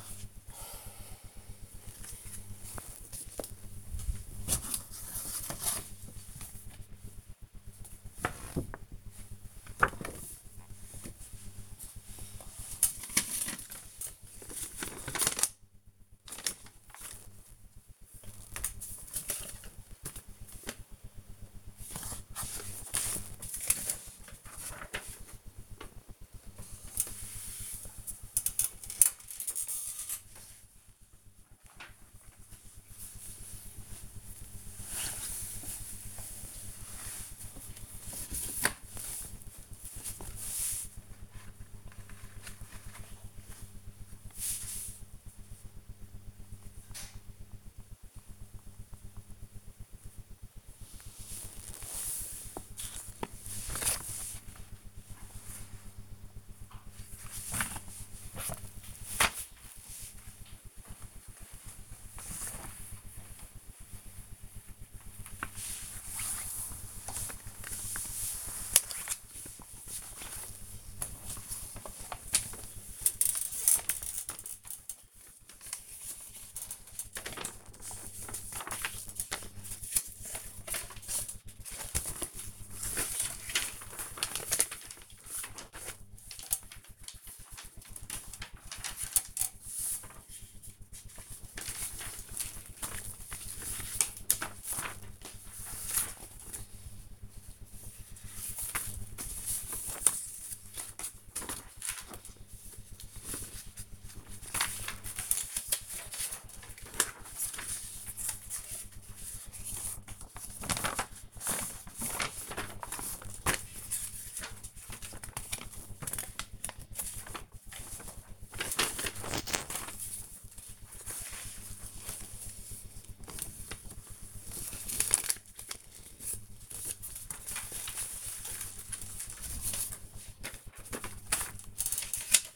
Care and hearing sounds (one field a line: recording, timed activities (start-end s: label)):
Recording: household activities, microphone on the right wrist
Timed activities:
0.00-23.05 s: sorting documents
26.08-132.56 s: sorting documents